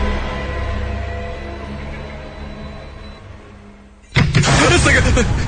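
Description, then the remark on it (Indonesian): A bedroom door is pounded hard: after about four seconds of low, steady hum, a sudden loud, harsh burst of banging erupts and continues to the end. “tiba-tiba pintu pun seperti dipukul secara keras.”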